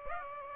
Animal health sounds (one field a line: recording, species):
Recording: mosquito wingbeat signal from an infrared sensor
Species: Aedes aegypti